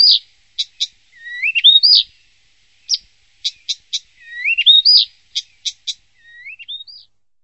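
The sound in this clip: Bird song of repeated phrases: sharp clicky notes followed by rising, slurred whistles, the phrase pattern recurring roughly every three seconds.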